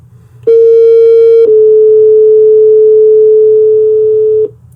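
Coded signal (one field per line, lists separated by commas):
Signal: two-tone page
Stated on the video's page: Paging tones sent from a RediTALK-Flex radio dispatch console: manual, group, stack and all-call pages, with alert tone.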